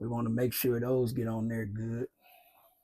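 A man talks while getting ready to push wire plug connectors onto the two prongs of a replacement oven heating element at the back of a stove. His voice ends at about 2.1 s, followed by faint, low handling noise. Nothing has seated or clicked yet.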